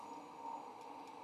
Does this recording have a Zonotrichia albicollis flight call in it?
no